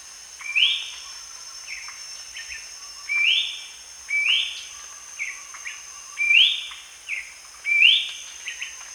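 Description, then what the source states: Ferruginous babbler giving five rising whistles spread across the recording, interspersed with quieter clipped notes, with continuous shrill insect noise behind. Recorded at Danum on 1 January 2008.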